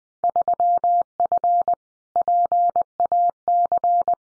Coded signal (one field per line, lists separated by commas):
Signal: Morse code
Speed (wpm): 20 wpm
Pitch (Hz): 700 Hz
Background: none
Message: 3F PAC